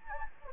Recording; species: mosquito wingbeat signal from an infrared sensor; Anopheles gambiae